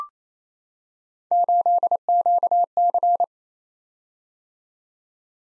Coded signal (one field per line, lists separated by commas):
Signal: Morse code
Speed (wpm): 28 wpm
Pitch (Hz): 700 Hz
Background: none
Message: 8QC